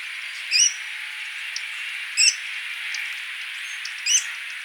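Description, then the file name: Sora call notes: three brief, bright, high-pitched calls spaced roughly two seconds apart against a constant hissing background. "Porzana carolina - Sora"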